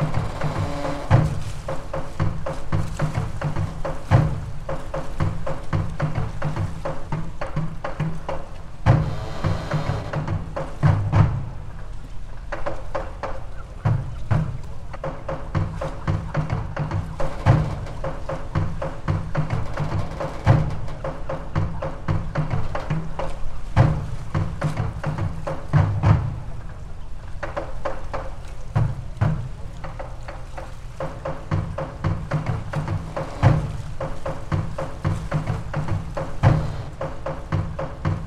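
A creaky boat rocks while drums thump steadily in the distance, beats landing about once a second for the whole stretch. A constant low rumble of water sits underneath, with sharp wooden knocks and creaks popping up now and then.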